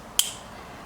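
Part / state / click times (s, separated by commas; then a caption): tail light harness connector into mating plug / seated / 0.2 s. On a C7, the two plastic halves of a tail light harness connector, with grease on the pins, are pushed together into the mating plug. A single sharp, bright snap at 0.2 s rings briefly at high pitch and fades quickly over a quiet background. The connector is seated.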